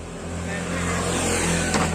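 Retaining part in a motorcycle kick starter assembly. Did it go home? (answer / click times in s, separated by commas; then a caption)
no / none. A mechanic fits a metal retaining part into a motorcycle kick starter assembly, working it toward locking into place to fix a stiff kick starter without replacing it with a new one. A steady low, humming, vehicle-like drone fills the two seconds, with a brief swell near 1.8 seconds and no sharp hit. Nothing has seated or clicked yet.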